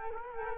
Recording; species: mosquito wingbeat signal from an infrared sensor; Culex quinquefasciatus